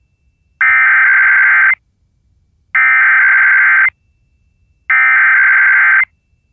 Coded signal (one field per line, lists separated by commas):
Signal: Emergency Alert System (SAME) tones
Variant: header bursts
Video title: Washington State Required Monthly Test on KIRO-AM EAS #526